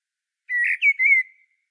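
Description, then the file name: Common blackbird giving a short fluty whistled phrase of three linked notes around the same mid pitch, slightly warbled, then fading out; no other sounds. "Turdus merula"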